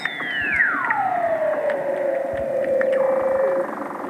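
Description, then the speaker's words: Weddell seal song with one long whistle that slides steeply down, then holds a steady tone before breaking off, among soft background clicks. Weddell seals singing beneath sea ice near Scott Base, Antarctica, where they returned to breed; hydrophone through an ice hole; background clicks and crackling probably from snapping shrimps. "All of those sounds, the space sounds, those bird calls, jungle sounds, everything is seal song."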